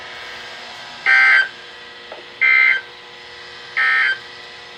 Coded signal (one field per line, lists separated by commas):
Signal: Emergency Alert System (SAME) tones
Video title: End Of The Week Alerts (EAS 620-636)